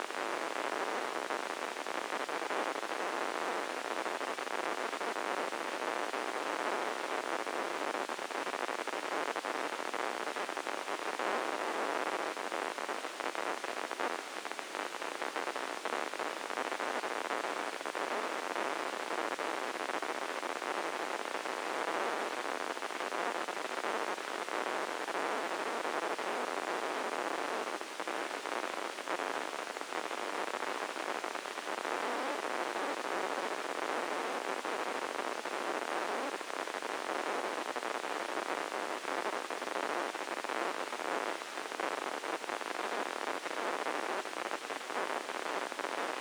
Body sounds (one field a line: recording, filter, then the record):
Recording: brain microelectrode recording played as sound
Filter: spike band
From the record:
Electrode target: subthalamic nucleus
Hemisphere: left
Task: reaching with the right hand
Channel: 1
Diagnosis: Parkinson's disease